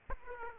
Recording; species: mosquito wingbeat signal from an infrared sensor; Aedes aegypti